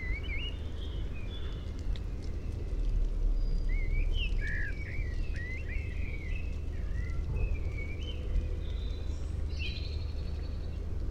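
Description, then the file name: Common blackbird: runs of fluty, slurred whistled notes through most, then scattered high squeaky notes, over a continuous low rumble. "Turdus merula"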